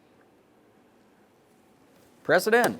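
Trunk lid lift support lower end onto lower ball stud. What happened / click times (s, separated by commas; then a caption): The strut end is lined up on its ball stud, not yet seated / none. A new trunk lid lift support for a 2006-2012 Ford Fusion has its lower socket end lined up over the bottom mounting ball stud, ready to be pressed on. About 2.3 seconds of near silence pass before someone talks at the end. Nothing has seated or clicked yet.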